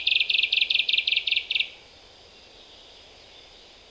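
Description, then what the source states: Common chaffinch song fragment: a rapid series of evenly spaced chipping notes lasting under two seconds, then only a soft background hiss. Recorded at Glashütte, Germany, on 5 June 2015.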